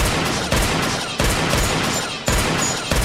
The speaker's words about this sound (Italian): I vetri dell'auto in frantumi, poi il suono cupo di 6 colpi di Magnum calibro 357 che uccidono all'istante la più temeraria crime correspondente irlandese e infine un lungo, interminabile silenzio.